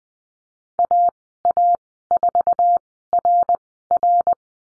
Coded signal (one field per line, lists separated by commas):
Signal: Morse code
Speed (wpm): 20 wpm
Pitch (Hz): 700 Hz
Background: none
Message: AA4RR